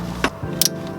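A breather line quick connect is pushed a second time, harder, onto its fitting on an IAG V3 air-oil separator in a 2022+ VB WRX. Over a steady background hum, a broad burst sounds at 0.2 s and a sharp, bright snap at 0.6 s, when the quick connect clicks in and seats because it was pushed hard enough this time.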